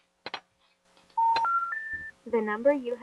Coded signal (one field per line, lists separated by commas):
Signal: telephone call progress tone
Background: speech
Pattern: special information tone